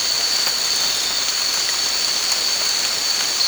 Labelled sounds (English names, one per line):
none